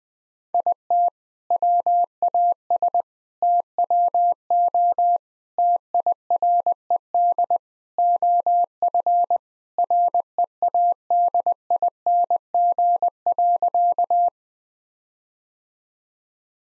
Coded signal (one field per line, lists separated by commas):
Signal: Morse code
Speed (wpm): 20 wpm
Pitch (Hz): 700 Hz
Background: none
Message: IT WAS TWO TIRED OF READING.